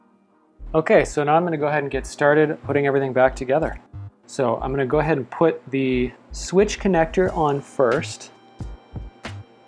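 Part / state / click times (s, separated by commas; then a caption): switch flex cable connector into phone logic board socket / not seated / none. Someone talks over background music while the power switch flex cable connector is handled toward its logic board socket inside a Pixel 3 XL, as the phone is being reassembled during a battery replacement. The clip ends before the connector is pressed home, so nothing has seated or clicked yet.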